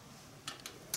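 A click-type torque wrench goes over a cylinder head bolt on a small Kohler Courage engine a second time to confirm it is at spec. Two short ticks come at 0.5 and 0.7 seconds, then the wrench gives a sharper, louder click at 0.9 seconds as it reaches its setting, confirming the bolt is torqued.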